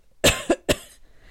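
Two short, harsh cough bursts about half a second apart from an adult woman who is recovering from an illness and coughing less than before.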